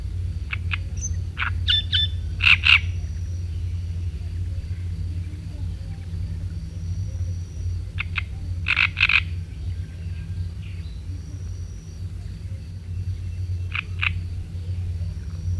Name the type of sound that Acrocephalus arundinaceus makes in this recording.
song